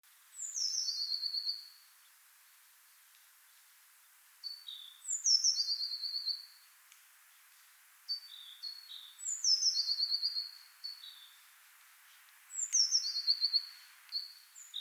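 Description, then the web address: Eurasian blue tit giving high, thin phrases: a few sharp descending notes followed by a buzzy falling trill, repeated about every three to four seconds; faint background hiss. "SETE data Cyanistes caeruleus"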